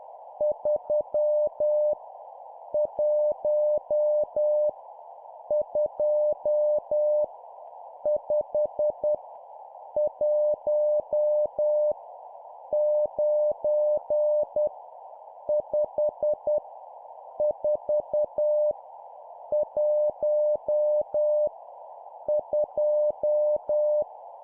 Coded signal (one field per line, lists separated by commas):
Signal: Morse code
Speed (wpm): 10 wpm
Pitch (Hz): 600 Hz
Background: none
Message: 3 1 2 5 1 9 5 4 1 2